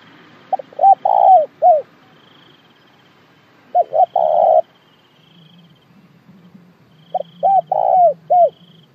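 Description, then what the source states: Spotted dove cooing, three phrases of several hollow coos about three seconds apart, with a faint high whine behind. Calling the flock.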